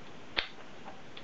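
The film magazine back is taken off a Hasselblad 2000FCW medium-format focal-plane camera body, and a sharp metallic click sounds at 0.4 s as the back comes free and the internal shutter pulls out of the way. A much fainter tick follows at 1.2 s. The back is released.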